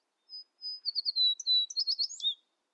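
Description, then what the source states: American tree sparrow song: high, clear whistled notes opening the phrase, then a quick run of sweet, jumbled warbling notes. Common winter visitor in the northern U.S.; nests on the ground in open shrublands of Alaska and northern Canada; winters on seeds, forages in mixed flocks; populations steeply declined since the 1970s.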